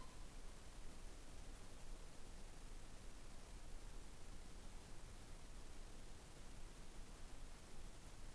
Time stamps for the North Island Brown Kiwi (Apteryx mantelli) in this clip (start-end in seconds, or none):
none